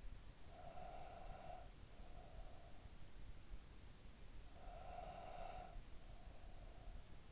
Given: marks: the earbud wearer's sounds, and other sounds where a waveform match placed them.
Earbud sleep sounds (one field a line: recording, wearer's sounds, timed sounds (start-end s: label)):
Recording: sounds in sleep by an in-ear microphone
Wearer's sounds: breath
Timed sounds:
0.29-3.29 s: breath
4.29-7.32 s: breath